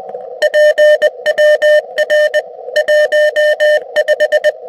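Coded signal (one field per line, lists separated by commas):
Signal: Morse code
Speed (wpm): 19 wpm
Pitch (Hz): 600 Hz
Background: none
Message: PWR 15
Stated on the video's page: Morse seen on a transceiver waterfall display, captured through an HDMI-to-USB recording stick from the transceiver's DVI-D output.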